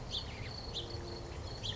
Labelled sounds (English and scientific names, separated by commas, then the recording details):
House Finch (Haemorhous mexicanus)
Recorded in Sonoma County, California